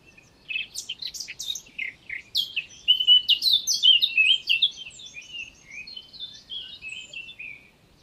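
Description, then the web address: Eurasian blackcap song: scratchy notes that build into a clear, fluty warble, then fade away over the last few seconds. "SETE data Sylvia atricapilla"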